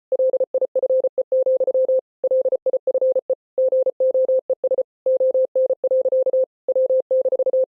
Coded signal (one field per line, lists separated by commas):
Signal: Morse code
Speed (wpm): 33 wpm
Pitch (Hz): 520 Hz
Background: none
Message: LIFE, LIFE GOES ON. W-